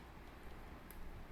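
A CPU cooling unit is pushed down onto its motherboard mounting until the retention clips click into place. A short, sharp click is heard at 0.9 s over a steady low background hiss. The cooler is seated safe and secure.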